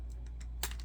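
The plastic body of a Fujimi 1967 Porsche 911R Enthusiast kit scale model car is worked back off its chassis because its front end had not popped into place. A few faint ticks of plastic lead up to a sharp snap at 0.6 s, followed by a couple of lighter ticks over a steady low hum. The body is released from the chassis.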